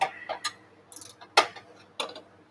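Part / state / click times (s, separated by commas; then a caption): socket on rounded bolt head / stripped / 1.4 s. A socket and ratchet are worked on a rounded-off engine-mount bolt head under a Ferrari F355, clattering and ticking with sharp metallic ticks around 0.5, 1.0 and 2.0 seconds and the loudest at 1.4 seconds. The socket slips without gripping, leaving the bolt head stripped.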